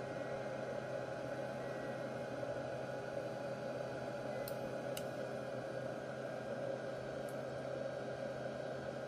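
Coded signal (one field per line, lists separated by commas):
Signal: FT8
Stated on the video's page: FT8 through a Micro PA50+ amplifier under testing.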